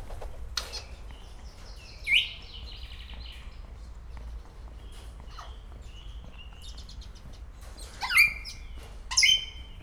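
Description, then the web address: Grey parrot calls: chattering, rattling notes with a sharp whistle near two seconds and two louder squawks close together toward the end. Szeged Zoo, Hungary, 2011. "szegedizoo. jakopapagaj"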